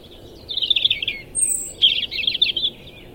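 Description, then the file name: European robin song in two rapid, jangling, high-pitched phrases separated by a short gap, with a single very thin high note in between. "Erithacus rubecula"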